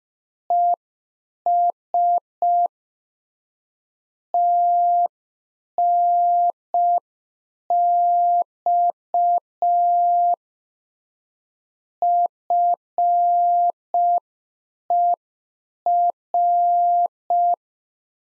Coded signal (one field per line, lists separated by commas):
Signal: Morse code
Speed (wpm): 5 wpm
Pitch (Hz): 700 Hz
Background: none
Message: ES TNX FER